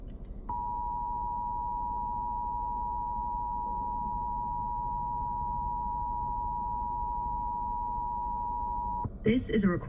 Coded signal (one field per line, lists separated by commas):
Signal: Emergency Alert System (SAME) tones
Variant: 853 and 960 Hz attention tone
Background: speech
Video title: The Rest of March's Alerts (3/19-30/25) (New EAS 819-824)